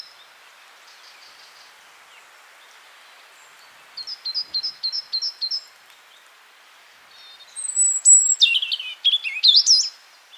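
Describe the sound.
Great Tit calls: a short series of bright, high, evenly spaced notes, then a louder burst of harsh, tumbling chatter with sharp whistled notes.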